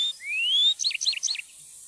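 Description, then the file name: Tree pipit song fragment: a long, thin rising whistle followed by a few quick looping notes repeated three times. "trepipelerke"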